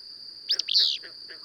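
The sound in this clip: Bird calling a quick double chirp followed by a longer, slurred high note, with faint twitters after and a continuous high whine underneath.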